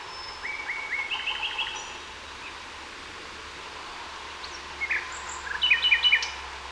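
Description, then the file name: Common nightingale song: a soft run of repeated mid-pitched notes, a pause, then a brief burst of sharper rapid notes with steady background hiss. "Luscinia megarhynchos"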